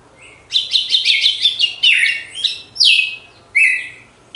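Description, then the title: Red-cowled cardinal song: a fast run of bright, clipped whistled notes, then slurred descending phrases with short pauses between. Female; recorded after the moult; contest (disputa) bird. "Canto Galo Campina Fêmea. GALO DE CAMPINA DEPOIS DA MUDA (disputa)"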